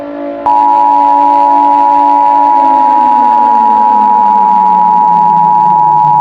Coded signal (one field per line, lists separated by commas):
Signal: Emergency Alert System (SAME) tones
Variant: 853 and 960 Hz attention tone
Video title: EAS Scenario: Nuclear Sabotage